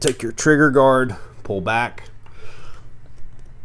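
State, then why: Not seated. During reassembly of an M1A / M14 type rifle, the steel trigger guard is pulled back and swung closed into the trigger housing and stock so it can latch. Someone talks over the faint handling sounds. The trigger guard does not click closed because a finger got pinched, so nothing has seated or clicked yet.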